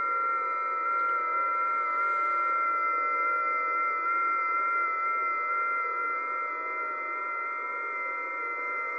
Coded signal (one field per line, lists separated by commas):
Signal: FT8